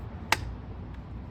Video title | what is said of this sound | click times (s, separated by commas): Thule T2 Pro XTR Demonstration & Tips | You'll hear that click in. That's what we're looking for. | 0.3 s